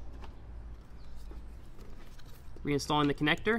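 A factory wiring harness connector is being handled to plug it back into a MESO Customs hatch light on a 4Runner. A low background hum and faint soft handling sounds give way to someone talking near the end. The connector has not seated or clicked yet.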